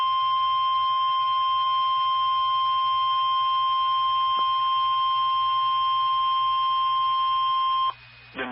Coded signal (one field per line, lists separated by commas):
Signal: Emergency Alert System (SAME) tones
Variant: 1050 Hz attention tone